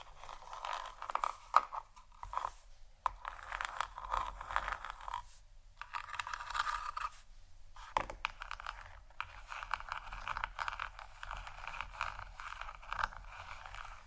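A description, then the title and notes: Gentle scratching plays in busy bursts of fine, crackly strokes centred in the upper-middle range, with brief near-silent gaps around 2, 3, 6 and 8 seconds. The texture is dense and irregular, marked by small sharp clicks, over a faint low hum. ASMR Gentle Scratching For Sleep（No Talking）.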